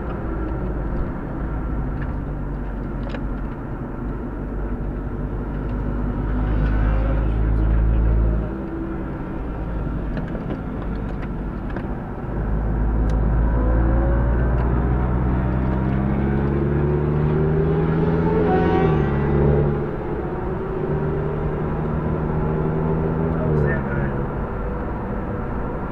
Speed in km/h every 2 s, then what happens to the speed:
86, 69, 73, 77, 82, 60, 58, 75, 92, 106, 111, 119, 123.
0-2 brakes to 69. 2-8 speeds up to 82. 8-12 brakes to 58. 12-26 speeds up to 123.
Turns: 0-6, 10-14.